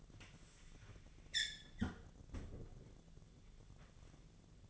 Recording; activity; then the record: daily activity, microphone in the room; close fridge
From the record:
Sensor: 4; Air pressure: 1000.9 hPa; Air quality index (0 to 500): 131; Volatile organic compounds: 1 ppm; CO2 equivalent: 975 ppm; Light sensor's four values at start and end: 26/62/26/29 and 31/75/32/34